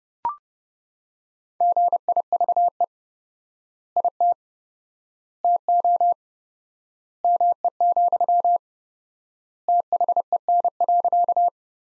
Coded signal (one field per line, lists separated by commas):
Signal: Morse code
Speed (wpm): 32 wpm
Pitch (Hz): 700 Hz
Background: none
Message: GIVE IT TO ME, THEN.